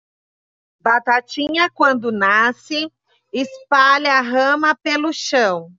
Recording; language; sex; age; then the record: short text; Brazilian Portuguese; female; 50 to 59 years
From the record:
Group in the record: control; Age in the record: 53 years